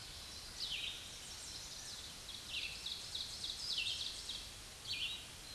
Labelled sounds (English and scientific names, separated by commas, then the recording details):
Red-eyed Vireo (Vireo olivaceus) song
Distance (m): 20 m
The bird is about 15 m above the microphone
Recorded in a Pennsylvania forest on 16 May 2024 at 06:27
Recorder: AudioMoth, point MSD-0192
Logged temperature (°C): 16.0 °C
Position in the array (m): 156 m, 69 m